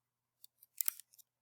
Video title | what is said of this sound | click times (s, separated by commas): Nikon Tutorial | now listen to hear that click that meant the battery went in | 0.8 s, 0.9 s